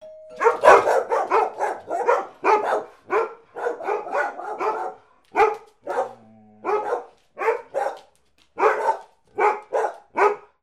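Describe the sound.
Dog barking in quick repeated bursts, several barks each second early on, then spaced single and double barks with brief pauses.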